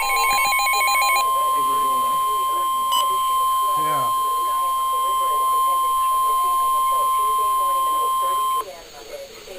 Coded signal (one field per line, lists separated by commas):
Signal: Emergency Alert System (SAME) tones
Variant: 1050 Hz attention tone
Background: speech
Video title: NOAA - Real EAS #214 - 216